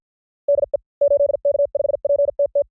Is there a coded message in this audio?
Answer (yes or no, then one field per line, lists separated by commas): yes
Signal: Morse code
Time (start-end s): 0.5-2.6 s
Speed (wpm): 50 wpm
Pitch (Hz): 570 Hz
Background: none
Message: DE 8K5PTT